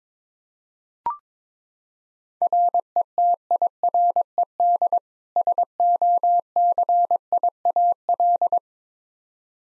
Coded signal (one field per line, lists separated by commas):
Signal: Morse code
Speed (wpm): 21 wpm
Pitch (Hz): 700 Hz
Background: none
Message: RETIRED SOCIAL